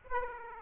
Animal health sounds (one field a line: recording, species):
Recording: mosquito wingbeat signal from an infrared sensor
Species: Aedes aegypti